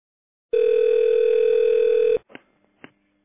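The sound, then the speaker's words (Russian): A single steady, mid-pitched telephone ringing tone sounds loudly for about a second and a half as an outgoing call is placed, then cuts off, followed by a couple of faint clicks on the line. “Алло, я позвонил.”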